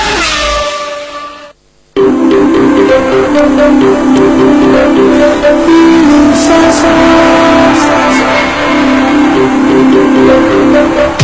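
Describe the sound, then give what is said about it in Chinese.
Racing go-kart engines at Sonic Karting (索尼克卡丁车) rev in a loud, continuous buzzing drone whose pitch wavers up and down, following a short burst of sound and a brief silent gap at the start. “成为索尼克卡丁车，带你撒把野，你就是下一个车王。”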